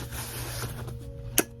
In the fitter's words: yeah so when you close it just slide this part back in you hear a click